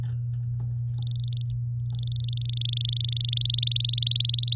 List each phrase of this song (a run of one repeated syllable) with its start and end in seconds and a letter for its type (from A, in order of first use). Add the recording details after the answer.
0.92-1.51 A, 1.86-3.39 A, 3.41-4.55 B. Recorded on 9 May 2018 at 12:06. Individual llb16